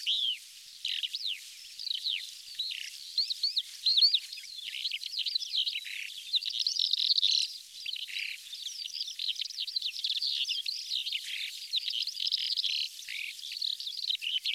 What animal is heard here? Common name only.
Calandra Lark